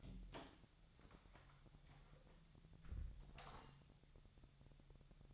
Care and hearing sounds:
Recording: daily activity, microphone in the room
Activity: close door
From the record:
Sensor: 3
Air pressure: 1007.2 hPa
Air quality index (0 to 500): 202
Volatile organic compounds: 17 ppm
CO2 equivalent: 2581 ppm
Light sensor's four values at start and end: 12/29/12/12 and 12/28/12/12

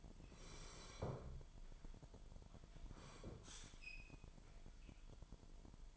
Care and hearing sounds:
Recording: daily activity, microphone in the room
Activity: sit down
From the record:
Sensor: 5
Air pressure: 998.6 hPa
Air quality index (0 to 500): 94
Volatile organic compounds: 2 ppm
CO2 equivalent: 1088 ppm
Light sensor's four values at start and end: 30/74/30/34 and 30/74/30/34

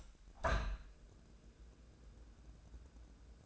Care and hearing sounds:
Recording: daily activity, microphone in the room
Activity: open window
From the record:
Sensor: 2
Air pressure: 1012.3 hPa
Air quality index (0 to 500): 102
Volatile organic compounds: 1 ppm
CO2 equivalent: 774 ppm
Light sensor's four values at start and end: 112/267/110/110 and 112/268/111/111

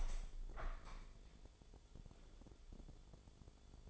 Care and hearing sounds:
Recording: daily activity, microphone in the room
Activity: open window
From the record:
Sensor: 5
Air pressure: 1015.2 hPa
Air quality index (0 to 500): 102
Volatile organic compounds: 2 ppm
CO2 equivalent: 1096 ppm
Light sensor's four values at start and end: 35/81/32/31 and 35/81/33/31

